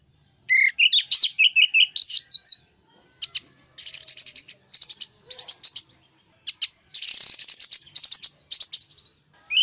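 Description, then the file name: Orange-headed thrush pouring out fast, jumbled high phrases mixing sweet slurred whistles with scratchy, buzzy chatter, broken by short pauses. Master song used for training other birds. "suara masteran anis merah"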